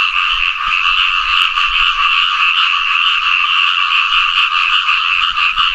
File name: Fejervarya limnocharis